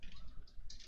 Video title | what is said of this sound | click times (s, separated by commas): Build The Ecto-1 Issue 65 | quite a nice click oh yeah oh i like it when things do that | 0.7 s